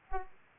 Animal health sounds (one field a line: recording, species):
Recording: mosquito wingbeat signal from an infrared sensor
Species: Aedes aegypti